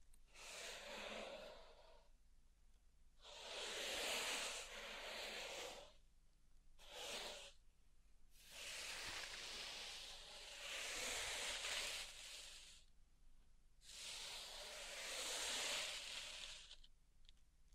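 Pink salt in a zen garden, raked or poured in soft, hissing passes. Grainy sweeps of a few seconds each come and go with short quiet gaps, one long stretch in the middle and a brief flick near seven seconds.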